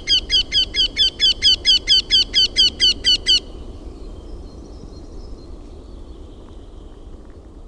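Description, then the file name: Eurasian wryneck calling a rapid, even string of many nasal notes, followed by quiet with faint high sounds in the background. "KAENPIIKA"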